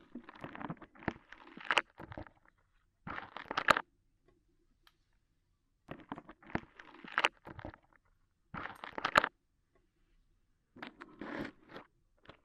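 Crunchy scraping and crackling from ear cleaning as rhinestones and clay are worked off, coming in short bursts of one to two seconds. Each burst is dense with quick, bright scratchy ticks, and near-silent pauses separate the five or so bursts.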